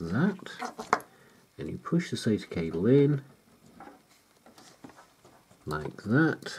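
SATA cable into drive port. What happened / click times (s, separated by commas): The cable is being handled but has not clicked home yet / none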